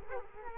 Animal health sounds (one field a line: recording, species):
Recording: mosquito wingbeat signal from an infrared sensor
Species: Culex quinquefasciatus